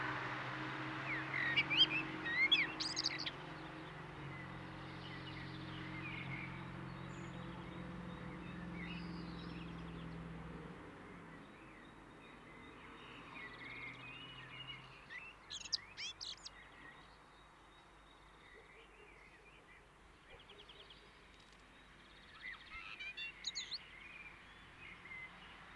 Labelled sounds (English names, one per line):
Common Blackbird song